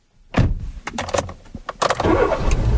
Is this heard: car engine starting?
yes